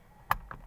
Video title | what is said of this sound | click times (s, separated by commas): DIY: HOW TO CLEAN AND REPAIR OF NONE WORKING SWITCH BUTTON OF TOYOTA VIOS | siya yun tumunog na yun | 0.3 s